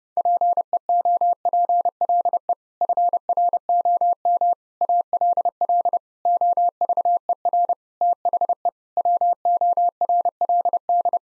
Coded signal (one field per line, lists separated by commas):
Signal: Morse code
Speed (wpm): 32 wpm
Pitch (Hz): 700 Hz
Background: none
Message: PEOPLE FROM ALL OVER THE WORLD